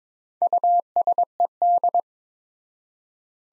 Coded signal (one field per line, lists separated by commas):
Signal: Morse code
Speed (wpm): 22 wpm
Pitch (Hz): 700 Hz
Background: none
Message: USED